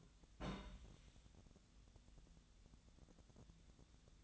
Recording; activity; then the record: daily activity, microphone in the room; place on stove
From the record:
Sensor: 3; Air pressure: 1009.9 hPa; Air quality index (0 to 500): 187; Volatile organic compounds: 14 ppm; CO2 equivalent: 2441 ppm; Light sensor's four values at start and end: 42/106/45/49 and 42/106/45/49